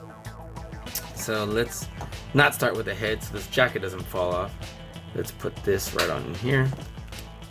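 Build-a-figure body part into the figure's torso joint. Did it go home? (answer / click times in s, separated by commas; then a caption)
no / none. Someone talks while handling a plastic Hasbro Marvel Legends Lizard build-a-figure part, positioning it against the figure's torso peg joint, with music in the background. The part has not seated or clicked into the joint yet.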